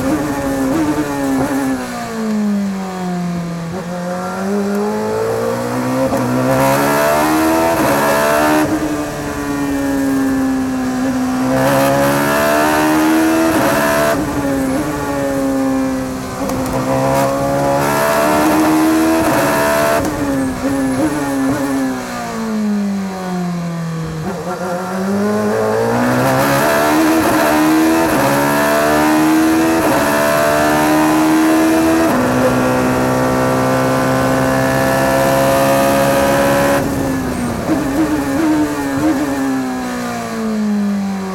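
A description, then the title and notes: A V8 engine heard from inside the car pulls hard through repeated gear changes, its pitch climbing steadily then dropping sharply at each shift, roughly every four to six seconds. The throbbing roar stays loud throughout, with a deeper dip in revs near five and twenty-five seconds. Porsche RS Spyder LMP2 In-Car Audio, Monterey 2015. As the Dutchman wheels the 3.4-liter V8-powered prototype, owned by WeatherTech founder David MacNeil, around Laguna Seca during the 2015 edition of Rennsport Reunion.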